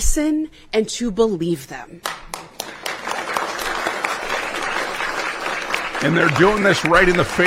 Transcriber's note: clapping